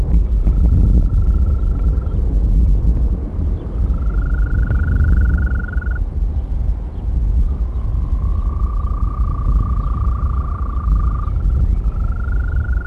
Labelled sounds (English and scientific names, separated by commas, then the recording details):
Green Toad (Bufo viridis) call
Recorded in the wild
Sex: male
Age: adult
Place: Berlin, OT Blankenfelde, Berlin, DE
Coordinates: 52.6167, 13.3833
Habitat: pond
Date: 1964-05-18 19:00
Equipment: Minifon, Kopie Smaragd
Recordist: Tembrock, Günter